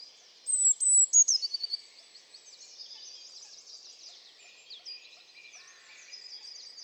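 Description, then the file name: Eurasian blue tit song: one phrase of high sliding notes and a brief rapid trill, then a quieter background of twittering. "Cyanistes caeruleus"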